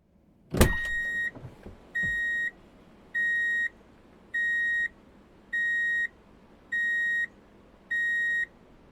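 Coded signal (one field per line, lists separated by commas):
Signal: alarm pattern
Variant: car reverse warning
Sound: a mechanical clunk, then seven steady medium-high beeps, each about half a second, repeating evenly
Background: car interior noise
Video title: Free Drive in Reverse Beep Alert Sound Effect [Transportation]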